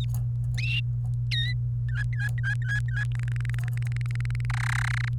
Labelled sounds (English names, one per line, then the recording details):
Domestic Canary song
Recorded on 28 April 2018 at 16:39
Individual llb3